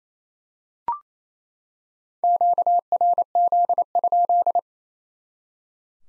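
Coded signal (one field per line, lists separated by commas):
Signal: Morse code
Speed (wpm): 27 wpm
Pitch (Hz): 700 Hz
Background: none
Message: QRZ?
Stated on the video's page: Morse QSO-element head-copy drill at 28 wpm, each element sent in Morse, then spoken, then sent again.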